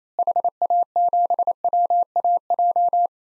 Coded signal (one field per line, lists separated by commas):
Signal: Morse code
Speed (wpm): 27 wpm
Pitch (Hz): 700 Hz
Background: none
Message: HA7WAJ